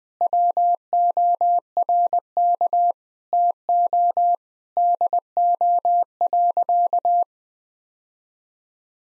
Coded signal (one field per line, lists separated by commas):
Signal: Morse code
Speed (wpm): 20 wpm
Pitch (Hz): 700 Hz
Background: none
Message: WORK TO DO.